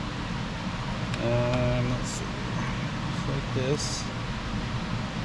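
A wiring harness connector is being handled into the steering column clockspring socket of a 2012 Dodge Charger while the steering wheel area is reassembled. Someone talks over a steady broadband hum, with a brief sharp tick near 1.1 s. The connector has not seated or clicked yet.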